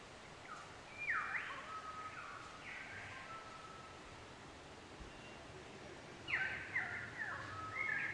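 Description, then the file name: Shrike giving harsh, scratchy calls: a rasping burst near the one-second mark, scattered fainter notes, then a louder chattering series of grating notes over a steady background hiss. "verdugo"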